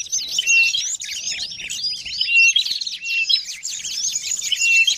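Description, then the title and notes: Many birds calling at once: rapid squeaky chirps and sliding notes, with a few brief level whistles cutting through the constant chatter. A noisy mass of birds, used as a lure ('pikat') for catching birds. "Burung Ribut Pikat"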